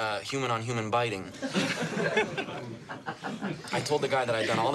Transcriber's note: soundbite of laughter